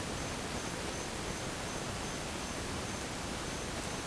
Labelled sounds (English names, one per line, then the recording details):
none
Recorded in dense forest near Puerto Asís, Putumayo, Colombia, on 27 June 2025 at 08:30
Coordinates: 0.503, -76.323
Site G059